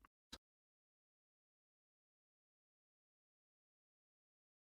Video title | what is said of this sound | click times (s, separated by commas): Instruction video: ESTETICA E50 Life - Instruction video total | then when it's in position press and snap into place | 0.3 s